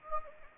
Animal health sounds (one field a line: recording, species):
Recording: mosquito wingbeat signal from an infrared sensor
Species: Anopheles gambiae